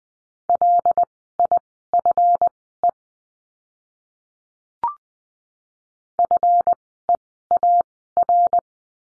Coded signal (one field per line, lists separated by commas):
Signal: Morse code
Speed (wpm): 20 wpm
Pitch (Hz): 700 Hz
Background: none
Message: LIFE FEAR